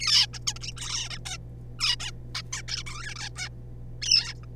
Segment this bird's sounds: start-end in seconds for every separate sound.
0.01-0.26, 0.34-0.39, 0.47-0.53, 0.56-0.59, 0.61-0.74, 0.77-1.09, 1.10-1.18, 1.26-1.37, 1.79-1.96, 2.00-2.11, 2.35-2.42, 2.52-2.62, 2.68-2.83, 2.87-3.15, 3.16-3.31, 3.36-3.49, 4.02-4.34, 4.43-4.46